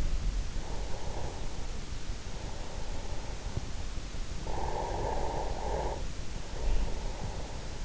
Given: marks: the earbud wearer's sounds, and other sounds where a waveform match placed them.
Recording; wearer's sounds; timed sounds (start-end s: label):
sounds in sleep by an in-ear microphone; breath
0.00-0.78 s: sound from someone else or the room
0.18-3.89 s: breath
4.19-7.85 s: breath